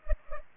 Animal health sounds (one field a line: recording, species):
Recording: mosquito wingbeat signal from an infrared sensor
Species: Culex pipiens